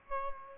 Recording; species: mosquito wingbeat signal from an infrared sensor; Aedes albopictus